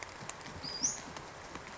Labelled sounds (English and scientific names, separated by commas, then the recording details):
Western Flycatcher (Empidonax difficilis)
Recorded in Sonoma County, California